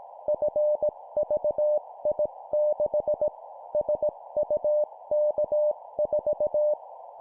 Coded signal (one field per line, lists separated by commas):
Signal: Morse code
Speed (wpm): 18 wpm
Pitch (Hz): 600 Hz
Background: none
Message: FVI6 SUK4